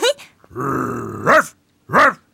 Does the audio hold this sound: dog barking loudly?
yes